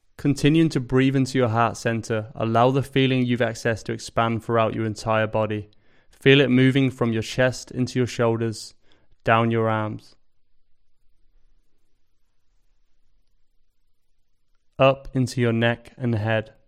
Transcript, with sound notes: Continuing to breathe into your heart center, allow the feeling you've accessed to expand throughout your entire body. Feel it moving from your chest into your shoulders... down your arms... [Pause 5 seconds] Up into your neck and head...